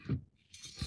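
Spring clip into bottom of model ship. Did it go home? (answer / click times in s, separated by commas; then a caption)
no / none. A springy plastic clip is handled and pushed toward the bottom of an Eaglemoss Star Trek U.S.S. Enterprise NCC-1701-D model ship, from shipment 15 of the build. There is a soft low thump near 0.1 s, then a bright scraping rasp from about 0.54 s, and another low bump near 0.8 s. Nothing has seated or clicked yet.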